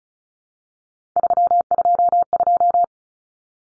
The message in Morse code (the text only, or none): 322